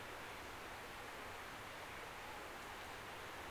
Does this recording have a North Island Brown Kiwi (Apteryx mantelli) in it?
no